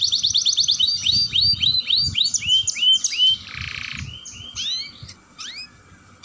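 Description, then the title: Atlantic canary song: rapid repeated upslurred whistled notes in fast rolling trills, shifting through several phrase types. Song style described as gacor with long rolls (roll panjang). "Kenari Gacor Dor Roll Panjang"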